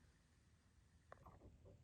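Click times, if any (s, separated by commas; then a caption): 1.1 s. A headlight assembly on a 2011-2016 Ford Super Duty is lined up with its dowel and pushed into the front clip mount. A sharp click at 1.1 s shows it seating, followed by a few softer knocks over a low background hum. The headlight assembly is seated.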